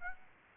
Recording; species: mosquito wingbeat signal from an infrared sensor; Aedes aegypti